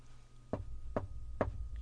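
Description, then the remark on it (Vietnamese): Three evenly spaced knocks on a door, heard over a telephone line, dull and low, each a short thud against a steady low hum in the background. “Có tiếng gõ cửa vang lên từ một đầu dây khác của điện thoại, cảm giác rất có tiết tấu, nhưng lại mang theo hơi thở âm trầm, khiến người ta cảm thấy gần như gần trong gang tấc, giống như gõ ngay trái tim vậy.”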